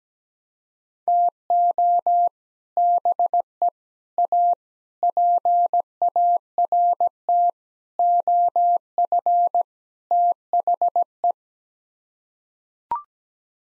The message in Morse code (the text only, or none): TO BE A PART OF THE